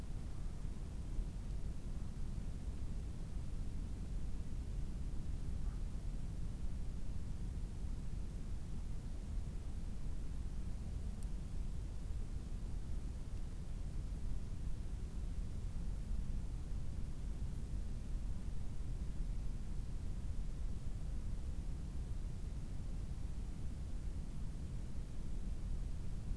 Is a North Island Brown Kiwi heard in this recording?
no